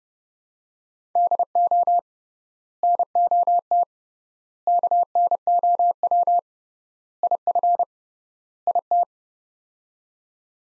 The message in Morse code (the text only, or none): DO NOT KNOW IF IT